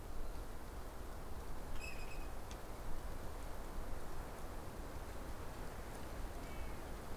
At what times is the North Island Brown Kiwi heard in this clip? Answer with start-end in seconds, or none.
none